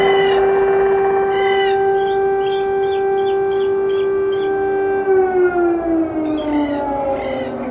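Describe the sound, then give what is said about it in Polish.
At five in the morning in Ternopil, western Ukraine, an air raid siren wails in a long, steady tone that holds its pitch, then slowly slides downward near the end, with faint bird chirps in the background. “Wyje alarm przeciwlotniczy.”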